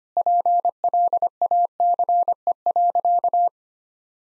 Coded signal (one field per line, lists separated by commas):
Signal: Morse code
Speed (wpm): 25 wpm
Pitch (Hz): 700 Hz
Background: none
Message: PLACE.